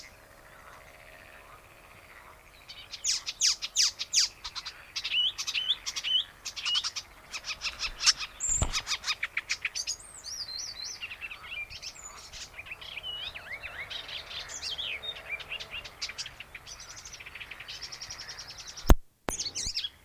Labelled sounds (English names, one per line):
Icterine Warbler